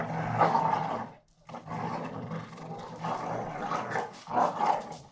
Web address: NS Studios - ultra sound collection animals dogs - Pit bull Tessa Pit bull Bahko fight